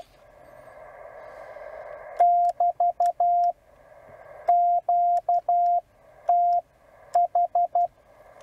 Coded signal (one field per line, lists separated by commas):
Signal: Morse code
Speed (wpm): 12 wpm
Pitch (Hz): 700 Hz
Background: none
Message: <BT> QTH